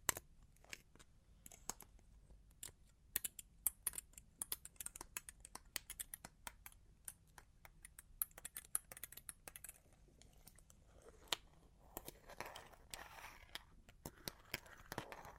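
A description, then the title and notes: Long claws tap and scratch in quick, irregular clicks, sharp and bright, coming in bursts throughout. Around the twelve-to-fourteen second mark the tapping gives way to denser, rougher scratching. A low, steady rumble sits underneath the whole time. Long Claws Tapping and Scratching (No Talking).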